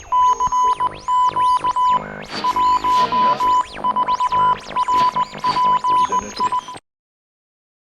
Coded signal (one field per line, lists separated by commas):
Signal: Morse code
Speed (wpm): 19 wpm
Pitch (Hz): 1000 Hz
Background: music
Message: CQ 14RPI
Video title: E-MAIL PAR ONDE RADIO HF